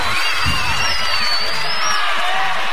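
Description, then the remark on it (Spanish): A crowd of young men at a live cumbia show shouting and cheering together in answer to the band's call, a dense, continuous roar with high whoops and yells rising above it, loud and sustained throughout. “El grito de los pibes que les cabe salir de gira, ¿dónde está?”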